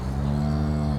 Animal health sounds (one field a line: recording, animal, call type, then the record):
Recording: contact call of a hoofed animal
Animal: cattle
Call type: low-frequency (closed-mouth) or high-frequency (open-mouth) call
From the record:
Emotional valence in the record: negative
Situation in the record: full separation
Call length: 0.99 s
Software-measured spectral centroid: 1590 Hz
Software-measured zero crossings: 720 a second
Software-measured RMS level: -24 dBFS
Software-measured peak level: -14 dBFS